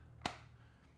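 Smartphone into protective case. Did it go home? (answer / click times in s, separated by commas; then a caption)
yes / 0.3 s. An iPhone 15 Pro Max in black titanium is pushed into a rubbery grip case. A single sharp snap lands at 0.3 s and rings briefly before fading into low background hum. The phone seats into the case with a clean click.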